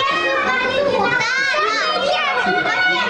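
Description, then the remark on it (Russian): Children playing and shouting together, a constant bright jumble of high, overlapping voices and squeals with steady loudness and no pauses throughout. “Не поймешь, кто больше радуется. Отец Михаил или дети, но энергии через край.”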